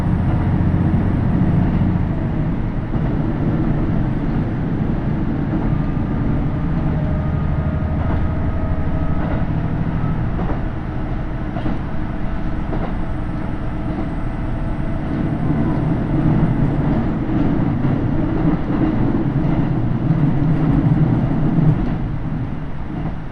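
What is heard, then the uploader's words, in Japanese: A KiHa 75 diesel train runs on the Takayama Line from Gifu toward Mino-Ota. A steady, dense low rumble fills the whole stretch, with a thin faint whine drifting in the middle and occasional soft clicks from the rails. 高山本線 岐阜→美濃太田（キハ75）。車両はキハ75系で快速みえ号にも使われています。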